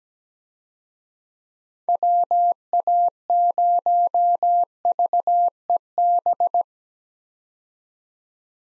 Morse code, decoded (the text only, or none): WA0VEB